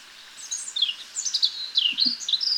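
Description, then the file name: European robin giving a rambling series of high, liquid warbles and thin slurred notes, with a faint low sound partway through. "Erithacus rubecula"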